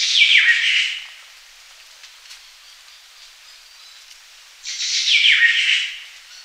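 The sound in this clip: Malia producing two coarse, falling squeals separated by a few seconds of near quiet.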